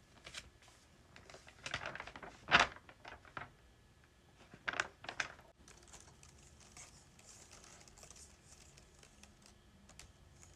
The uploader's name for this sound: Flipping Pages and Typing on Keyboard